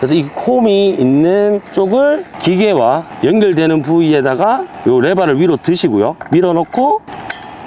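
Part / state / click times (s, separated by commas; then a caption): brush cutter drive shaft into engine coupling / seated / 7.3 s. Someone talks while the grooved end of a four-stroke brush cutter's middle shaft is pushed into the engine-side coupling with the lever raised. A sharp click sounds at 7.3 s as the shaft locks into the coupling and seats.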